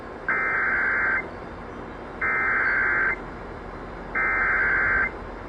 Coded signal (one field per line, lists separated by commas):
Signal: Emergency Alert System (SAME) tones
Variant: header bursts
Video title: KFI LOX Flash Flood Warning with an RWT preroll (EAS #56)